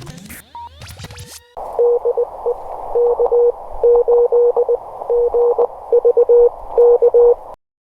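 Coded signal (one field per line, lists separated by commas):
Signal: Morse code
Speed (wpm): 20 wpm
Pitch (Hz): 480 Hz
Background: none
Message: DE K8GVK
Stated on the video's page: Morse callsign copy practice, each callsign sent three times.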